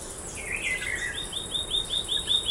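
Scrub greenlet gives a buzzy, slurred note, then a fast even series of short high chips that grows a little louder toward the end.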